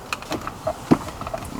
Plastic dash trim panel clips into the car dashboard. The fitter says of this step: should hear it flip when it goes it pushes in or we hear a little snaps we've got it all set back into the dashboard there